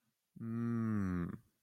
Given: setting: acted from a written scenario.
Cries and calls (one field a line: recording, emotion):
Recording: vocal sound without words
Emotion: realization